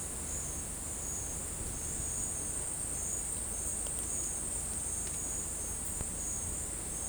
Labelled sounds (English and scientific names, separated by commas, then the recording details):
none
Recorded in secondary vegetation near Puerto Asís, Putumayo, Colombia, on 22 December 2024 at 10:30
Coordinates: 0.481, -76.318
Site G042